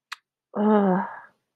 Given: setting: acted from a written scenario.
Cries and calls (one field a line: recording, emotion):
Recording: vocal sound without words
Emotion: embarrassment